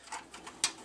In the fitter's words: Once you get it, just kind of clicks right in. Yeah, you can hear the click, and that's when you know it's in